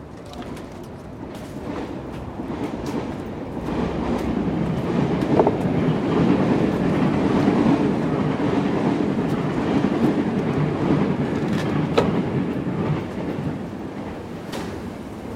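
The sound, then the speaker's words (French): An RER commuter train rolls steadily along the rails with a loud, continuous low rumble that swells slightly midway, punctuated by occasional sharp clicks and clacks from the wheels. “Aujourd'hui, 4e épisode, on commence par prendre un RER.”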